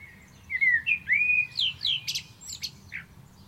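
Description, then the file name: Common blackbird singing one full phrase, mellow whistles slurring into a burst of thin, high-pitched twittering notes. "Turdus merula"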